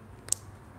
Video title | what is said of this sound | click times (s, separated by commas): Apple Watch 7 - Canlı Yayında Kutu Açılışı ve Özellikler🔴 | Evet çıt sesini duyduk | 0.3 s